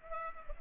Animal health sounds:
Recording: mosquito wingbeat signal from an infrared sensor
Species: Culex pipiens

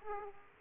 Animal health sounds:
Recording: mosquito wingbeat signal from an infrared sensor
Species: Aedes aegypti

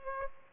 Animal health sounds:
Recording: mosquito wingbeat signal from an infrared sensor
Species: Culex pipiens

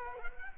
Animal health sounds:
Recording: mosquito wingbeat signal from an infrared sensor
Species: Culex quinquefasciatus

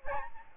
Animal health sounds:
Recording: mosquito wingbeat signal from an infrared sensor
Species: Aedes albopictus

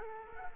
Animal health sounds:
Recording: mosquito wingbeat signal from an infrared sensor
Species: Culex quinquefasciatus

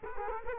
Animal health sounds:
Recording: mosquito wingbeat signal from an infrared sensor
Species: Culex quinquefasciatus

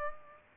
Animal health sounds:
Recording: mosquito wingbeat signal from an infrared sensor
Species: Culex pipiens

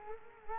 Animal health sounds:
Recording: mosquito wingbeat signal from an infrared sensor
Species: Culex quinquefasciatus

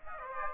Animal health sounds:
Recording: mosquito wingbeat signal from an infrared sensor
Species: Aedes aegypti

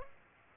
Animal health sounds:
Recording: mosquito wingbeat signal from an infrared sensor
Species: Aedes aegypti

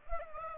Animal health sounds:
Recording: mosquito wingbeat signal from an infrared sensor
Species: Aedes aegypti

